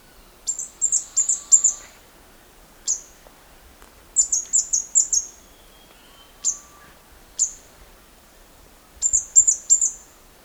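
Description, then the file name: Flowerpecker giving very high, thin chirps in quick bursts of four or five notes, with single sharp notes between bursts, over quiet background hiss. "suara cabai perut kuning"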